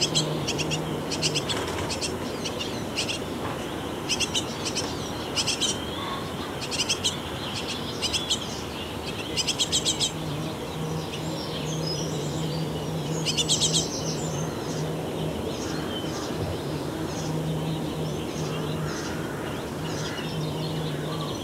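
Busy morning birds around a nest box, with short bright bursts of high chirping and peeping that come in quick clusters every second or two, thinning after about fifteen seconds. Beneath them runs a steady low rushing hum with a faint droning tone.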